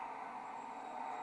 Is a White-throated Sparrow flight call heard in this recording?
no